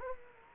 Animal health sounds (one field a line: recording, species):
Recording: mosquito wingbeat signal from an infrared sensor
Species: Culex quinquefasciatus